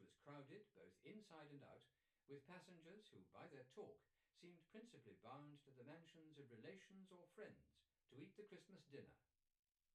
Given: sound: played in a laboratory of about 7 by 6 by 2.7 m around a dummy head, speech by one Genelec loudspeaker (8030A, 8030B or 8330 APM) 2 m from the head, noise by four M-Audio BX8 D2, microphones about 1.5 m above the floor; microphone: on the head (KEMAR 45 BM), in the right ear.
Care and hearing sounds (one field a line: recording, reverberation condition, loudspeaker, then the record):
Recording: male speech in English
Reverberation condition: low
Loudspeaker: 60 degrees to the left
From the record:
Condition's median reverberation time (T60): about 310 ms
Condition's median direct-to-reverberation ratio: about 3.5 dB